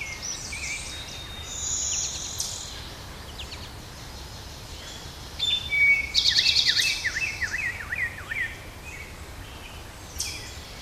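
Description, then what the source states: Unidentified bird calling: a run of clear, downslurred whistled notes in quick succession, with higher thin chirps and a brief buzzy burst around it. Unidentified bird recorded in woods on 25 June 2010.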